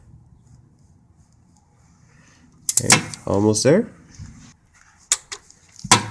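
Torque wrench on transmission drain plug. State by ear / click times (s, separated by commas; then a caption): torque reached / 5.1 s. A click-type torque wrench is pushed on the transmission drain plug of an 8th-generation Honda Accord during an automatic transmission fluid flush. After a quiet stretch, someone talks, and the wrench gives a sharp click at 5.1 seconds as it reaches its set torque, followed by a couple of smaller knocks. The drain plug is torqued.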